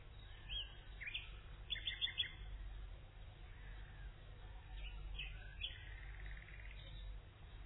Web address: ton Nachtigall